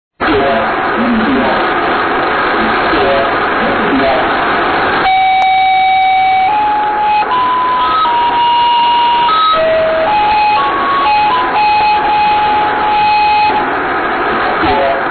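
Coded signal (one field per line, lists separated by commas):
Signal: numbers station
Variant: G16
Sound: radio hiss, then a sequence of steady paired tones changing pitch every second or so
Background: radio static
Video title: Zahlensender/Number Station "G16" ("Victor India") (BRD/FRG) (BND) (11/1988 - 06/1999)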